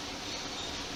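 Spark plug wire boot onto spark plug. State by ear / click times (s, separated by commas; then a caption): not seated / none. The boot on the other end of a spark plug wire is being handled as it is reinstalled onto the spark plug, with the aim of a solid click. Only steady, broadband handling noise is heard, with no sharp transients. The boot has not seated or clicked yet.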